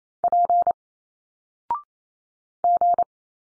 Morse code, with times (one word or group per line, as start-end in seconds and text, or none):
0.2-0.7 P
2.6-3.0 G